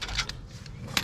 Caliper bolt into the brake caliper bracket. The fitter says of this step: locks it up. Give a little click.